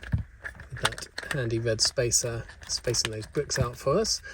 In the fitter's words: So that should also just click into place